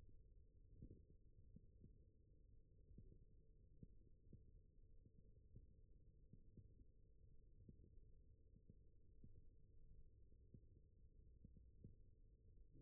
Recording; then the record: forearm muscle sounds (acoustic myography)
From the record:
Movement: wrist extension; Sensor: system 1, eight BSWA MPA416 microphones around the upper forearm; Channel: 7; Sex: male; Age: 21 years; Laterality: right